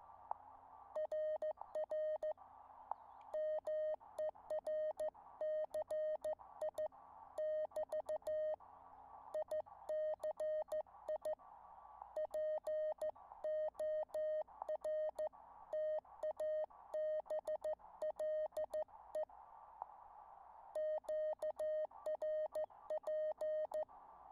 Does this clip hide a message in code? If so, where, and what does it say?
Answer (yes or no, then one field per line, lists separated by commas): yes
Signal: Morse code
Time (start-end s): 1.0-23.8 s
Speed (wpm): 14 wpm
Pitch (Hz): 620 Hz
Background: none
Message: RR MERCI <BT> ICI PORTABLE QRP